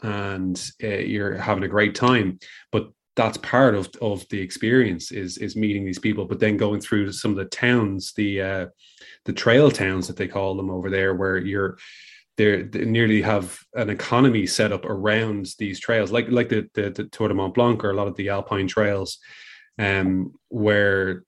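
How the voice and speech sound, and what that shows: An adult man speaks fluently in a low, relaxed conversational voice, with brief pauses and fillers between phrases; normal speech.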